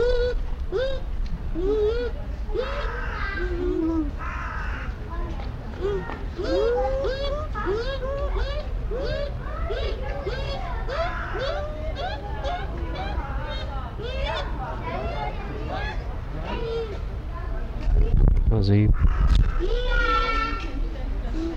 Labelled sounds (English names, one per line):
Bush Dog